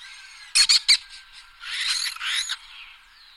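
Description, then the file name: Lesser kestrel giving three sharp, high notes in quick succession, followed by a longer hoarse, buzzy chatter. "falco naumanni"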